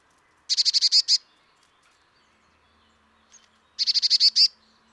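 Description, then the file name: Eurasian blue tit giving two quick, buzzy chattering bursts of about seven clipped notes each, separated by a short pause. "Cyanistes caeruleus"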